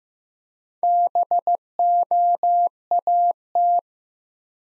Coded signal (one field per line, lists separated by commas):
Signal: Morse code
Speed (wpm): 15 wpm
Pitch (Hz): 700 Hz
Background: none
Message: BOAT